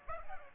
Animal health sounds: mosquito wingbeat signal from an infrared sensor; Aedes aegypti

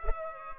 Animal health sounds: mosquito wingbeat signal from an infrared sensor; Culex pipiens

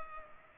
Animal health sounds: mosquito wingbeat signal from an infrared sensor; Culex pipiens

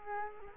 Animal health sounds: mosquito wingbeat signal from an infrared sensor; Culex quinquefasciatus

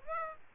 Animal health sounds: mosquito wingbeat signal from an infrared sensor; Aedes aegypti

